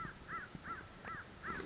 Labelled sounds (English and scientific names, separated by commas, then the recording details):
American Crow (Corvus brachyrhynchos)
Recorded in Sonoma County, California